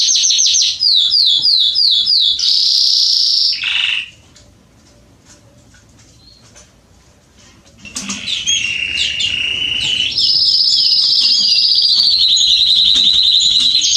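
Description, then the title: Canary song: quick repeated downslurred notes and a trill, about four seconds of near silence, then resumed long rolling trills. Male Belgian canary singing at length, recording intended for training and warming up young canaries. "Canary Training Esquente Seu Filhote E Canario Belga Macho Cantando Muito CANTO DO CANRIO"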